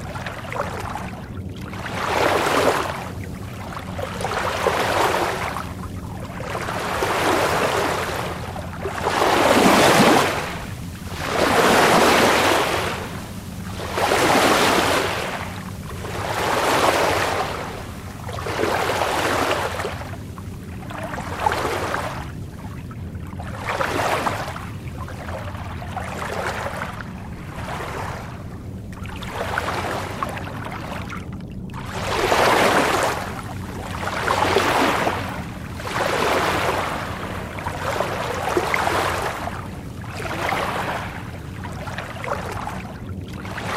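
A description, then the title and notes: Water rushes and splashes past a moving sailboat, rising and falling in swells every two to three seconds. The wash is full, with a steady low rumble underneath and a brief quieter lull near the half-minute mark. The gentle sounds of a sailboat cutting through the water. The soft and soothing sounds of the waves as they lap against the sailboat.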